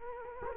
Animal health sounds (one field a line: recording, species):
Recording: mosquito wingbeat signal from an infrared sensor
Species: Culex quinquefasciatus